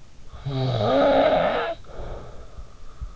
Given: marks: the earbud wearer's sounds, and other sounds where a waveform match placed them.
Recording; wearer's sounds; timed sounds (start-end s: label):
sounds in sleep by an in-ear microphone; snoring breath
0.27-3.13 s: snoring breath